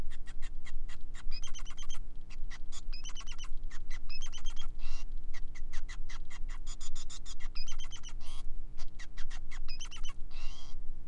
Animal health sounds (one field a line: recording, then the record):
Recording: song of a male Bengalese finch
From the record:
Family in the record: son of father 5